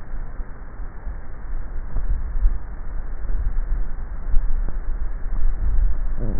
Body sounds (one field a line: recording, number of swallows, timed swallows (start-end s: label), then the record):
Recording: swallowing sounds by neck microphone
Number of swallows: 3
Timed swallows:
1.98-2.62 s: swallow
3.28-3.98 s: swallow
5.38-6.08 s: swallow
From the record:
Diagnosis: dysphagia